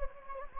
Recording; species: mosquito wingbeat signal from an infrared sensor; Anopheles gambiae